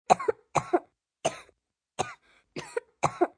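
Six short, high-pitched toddler coughs in quick succession, several with a double burst; a sound effect.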